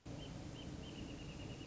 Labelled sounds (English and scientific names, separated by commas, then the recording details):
Wrentit (Chamaea fasciata)
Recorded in Sonoma County, California